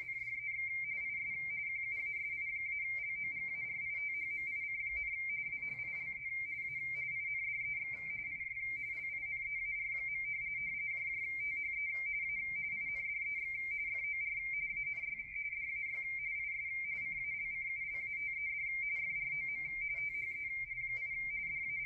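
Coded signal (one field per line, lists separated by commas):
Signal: RTTY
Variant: W1AW bulletin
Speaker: so this is the decoding from the Jesus who has rtt1 decoding capabilities on the 80 meter band of that bulletin right now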